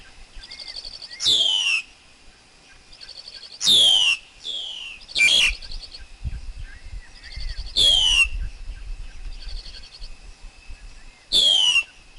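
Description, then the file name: Black-collared Starling song: several loud downslurred squealing whistles recur at intervals, with buzzy trills and faint short arched whistles between. Wild forest bird's song, used for teaching young birds to sing. "Tieng chim ca cuong rung tap chim con hot"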